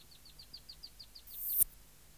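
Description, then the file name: Poecilimon affinis song: a rapid series of short, high ticking syllables, followed by a loud, rising whooshing noise burst. "Poecilimon affinis"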